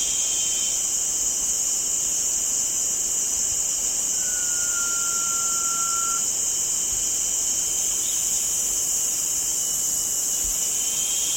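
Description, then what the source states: Blue-banded pitta whistle, one clear sustained note that sags gently, lasting about two seconds, set against a constant high insect chorus. Recorded on 1 June 2007.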